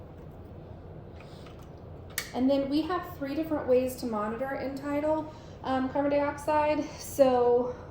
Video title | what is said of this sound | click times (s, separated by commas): End Tidal CO2 Modules | and then you are going to just line that up and push it in till it clicks we'll do all three here | 2.2 s